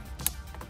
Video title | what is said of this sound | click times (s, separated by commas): How to Install A Carbon Fiber Wheel & Airbag Cover On A Volkswagen Golf/GTI/R (MK7 - MK7.5) | you hear it click | 0.3 s